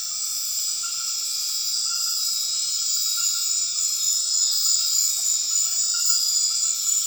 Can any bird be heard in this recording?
no